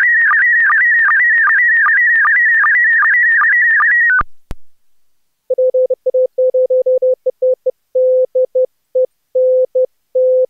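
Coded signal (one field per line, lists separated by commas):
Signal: SSTV (slow-scan television)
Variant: PD50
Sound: four seconds of warbling scanning tone with regular sync blips, then on-off keyed beeps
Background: Morse code tone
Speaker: over het nieuws van vandaag volgt nu dus het iets langere grote SS tv plaatje in kleur en de mode pd50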